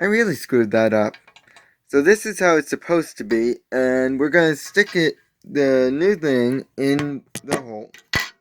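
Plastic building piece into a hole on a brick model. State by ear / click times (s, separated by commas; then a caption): not seated / none. While fixing a building mistake, a new plastic building piece, a toy brick, is pushed toward a hole on a brick model as someone talks throughout. A few brief sharp ticks sound near the end, around 7.4 to 8.2 seconds. Nothing has seated or clicked yet.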